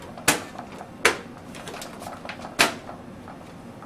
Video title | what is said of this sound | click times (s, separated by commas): How to Build a Computer - 20 - Installing the Optical Drive | go ahead and put your front panel back on should just snap into place | 0.3 s, 1.0 s